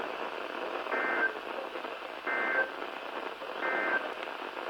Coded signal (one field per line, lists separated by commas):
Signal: Emergency Alert System (SAME) tones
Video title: EAR10 decided to activate twice! RWTs from 11/9/22 (EAS #414-417)